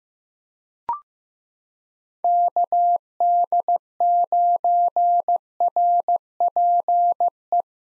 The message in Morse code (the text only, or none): KD9RPE